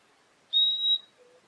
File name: Euphonia chlorotica